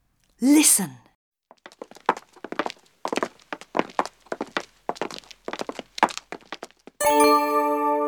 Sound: fx: footsteps